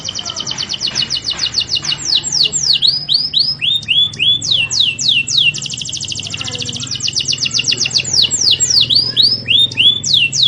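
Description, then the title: Canary song with varied high trills alternating with sweeping downslurred notes. Rhythmic tours of repeated syllables run without pause. Song used as a lure to make lazy, non-singing canaries start singing steadily. "mster Mnuk. PANCINGAN KENARI"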